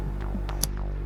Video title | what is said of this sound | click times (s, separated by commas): 🌟🟠 CROSSROPE FREESTYLE LE SKIPPING ROPE - Premium PVC jump rope #jumprope | Avez-vous entendu ce CLIC satisfaisant ? | 0.6 s